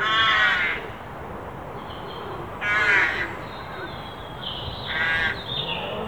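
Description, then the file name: Carrion crow calling with three hoarse, grating caws spaced a few seconds apart; thin calls of other birds sound faintly between them. "Corvus corone"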